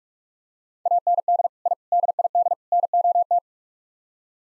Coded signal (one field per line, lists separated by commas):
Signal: Morse code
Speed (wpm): 46 wpm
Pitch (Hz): 700 Hz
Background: none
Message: AND I DID NOT